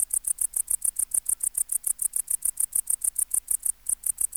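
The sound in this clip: Tettigonia hispanica bush-cricket giving rapid, high-pitched buzzy syllables in an even series, with one short gap near the end.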